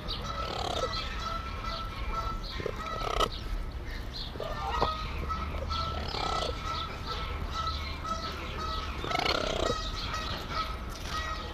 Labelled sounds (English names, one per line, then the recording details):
Raccoon call
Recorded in captivity
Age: adult
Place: Zoo Halle, Sachsen-Anhalt, DE
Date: 1991-04-06
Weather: sunny, 4-13 °C
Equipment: Marantz, Sennheiser ME 80, Kopie Tesla B 116
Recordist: Tembrock, Günter